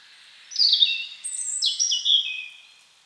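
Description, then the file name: European robin song: one rapid, sparkling phrase of high whistles stepping up and down in pitch. "Erithacus rubecula"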